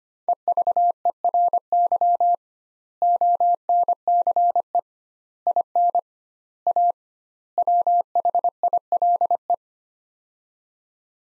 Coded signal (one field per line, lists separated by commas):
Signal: Morse code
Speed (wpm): 25 wpm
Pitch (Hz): 700 Hz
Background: none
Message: EVERY ONCE IN A WHILE